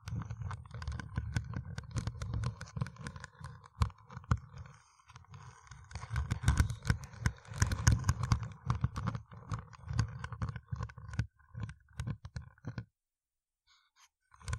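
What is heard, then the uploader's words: Deep brain scratching ASMR: dense, rough scratching with a heavy low rumble, broken by sharp tapping clicks that come in quick irregular bursts throughout. The texture thickens around six to eight seconds, then thins into scattered taps before stopping near thirteen seconds. ASMR Deep Brain Scratching（No Talking）.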